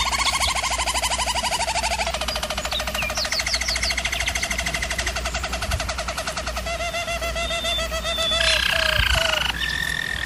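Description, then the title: German Roller canary singing rapid rolled tours that change every few seconds, with brief higher bubbling trills and a bright stretch near the end, steady hum below. German Roller canary singing; canary training video. "German Roller Canary Singing - Canary Training Vid"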